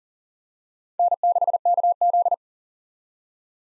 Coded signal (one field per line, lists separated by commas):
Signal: Morse code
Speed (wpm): 40 wpm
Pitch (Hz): 700 Hz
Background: none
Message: N6KZ